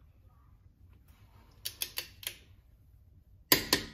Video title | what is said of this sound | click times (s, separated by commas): Suzie gets a new set of wheels | and just keep twisting it until you hear one click | 3.5 s